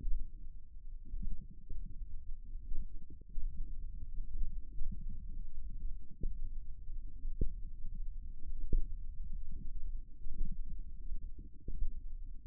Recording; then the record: forearm muscle sounds (acoustic myography)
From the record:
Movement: hand opening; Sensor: system 1, eight BSWA MPA416 microphones around the upper forearm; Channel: 8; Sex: female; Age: 21 years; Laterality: right